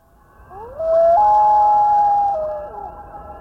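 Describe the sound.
Loon call, a long, mournful, pure tone that slides up, holds steady, then breaks to a lower note and fades.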